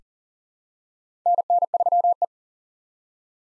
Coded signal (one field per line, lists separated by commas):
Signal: Morse code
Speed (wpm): 40 wpm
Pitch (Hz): 700 Hz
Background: none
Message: NN3E